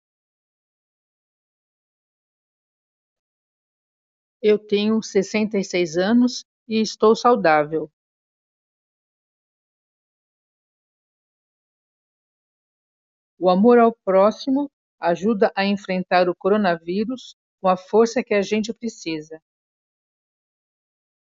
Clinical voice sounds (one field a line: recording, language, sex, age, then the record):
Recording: spoken sentence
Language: Brazilian Portuguese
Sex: female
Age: 60 to 69 years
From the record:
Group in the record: control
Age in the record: 66 years